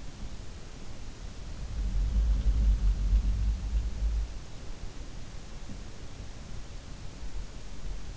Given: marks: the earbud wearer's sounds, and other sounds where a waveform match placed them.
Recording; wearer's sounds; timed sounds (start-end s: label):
sounds in sleep by an in-ear microphone; snoring breath
1.79-3.86 s: snoring breath